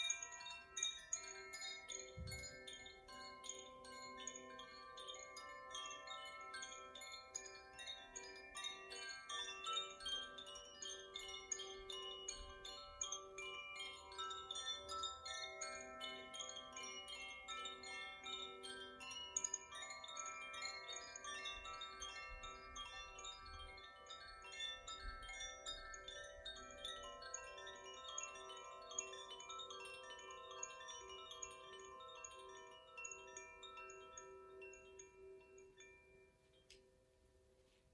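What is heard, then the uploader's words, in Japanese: Tuned chimes are played by hand, their clear metallic tones struck in quick, overlapping runs that keep a dense, shimmering wash ringing throughout. A soft low thud sounds near the start, and the tones thin out and fade over the last few seconds. マキノ式コシチャイム とザフィアチャイムの演奏です。土と火のエレメントのチャイムを奏でています。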